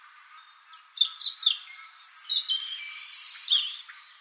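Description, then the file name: European robin song: a busy series of sharp high notes, thin whistles and short warbled bursts, tumbling one after another. "Erithacus rubecula"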